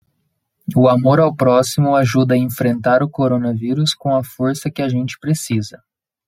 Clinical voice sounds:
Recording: spoken sentence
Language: Brazilian Portuguese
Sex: male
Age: 30 to 39 years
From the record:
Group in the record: control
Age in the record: 30 years

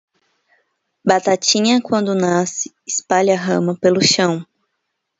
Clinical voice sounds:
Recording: short text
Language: Brazilian Portuguese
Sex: female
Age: 30 to 39 years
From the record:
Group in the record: control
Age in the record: 30 years

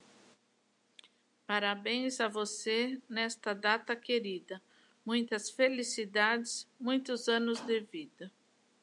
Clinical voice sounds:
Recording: short text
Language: Brazilian Portuguese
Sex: female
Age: 60 to 69 years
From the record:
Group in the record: control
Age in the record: 63 years

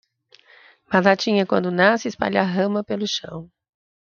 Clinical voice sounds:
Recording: short text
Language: Brazilian Portuguese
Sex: female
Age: 60 to 69 years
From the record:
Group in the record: control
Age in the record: 63 years

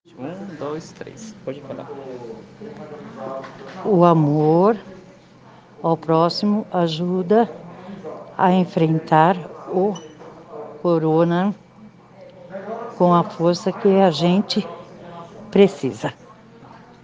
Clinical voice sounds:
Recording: spoken sentence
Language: Brazilian Portuguese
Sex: female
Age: 60 to 69 years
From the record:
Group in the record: respiratory insufficiency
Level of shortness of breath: 5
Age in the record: 60 years

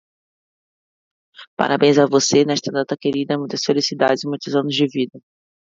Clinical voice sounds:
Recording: short text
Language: Brazilian Portuguese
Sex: female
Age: 30 to 39 years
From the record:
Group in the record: control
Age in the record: 38 years

